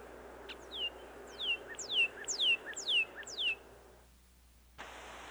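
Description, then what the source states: Northern cardinal song: six loud, sharply falling whistled notes in a steady series, followed by a short silence and a burst of hiss. Male almost all red.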